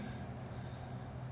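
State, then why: Not seated. A small plastic retaining clip is being handled over its spot on an engine bay bracket of a 2013–2016 Dodge Dart, before the air box is refitted during a passenger-side engine mount replacement. Only a steady low hum and background noise are heard, with no sharp hits. Nothing has seated or clicked yet.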